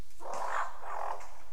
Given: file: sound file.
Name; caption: alarm growl; The ‘growl’ alarm of a female Albert's lyrebird, recorded at Goomburra.